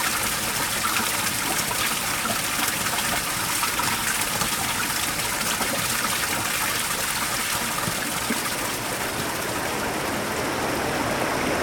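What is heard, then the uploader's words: A mountain river rushes steadily, a dense, unbroken hiss of water that holds the same level for the whole twelve seconds. Bright spray and splashing sit over a softer low rumble, with small gurgles flickering through but no distinct events. PH - Mountain Rivers by Phonophilist.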